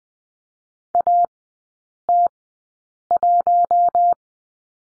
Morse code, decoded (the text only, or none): AT1